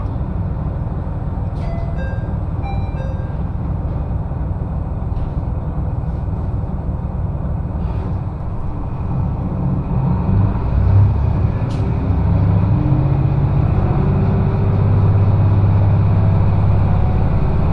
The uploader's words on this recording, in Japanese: 耳で楽しむ鉄道旅 えちごトキめき鉄道 高田→直江津→糸魚川。ディーゼルカー1両で足りてしまいます。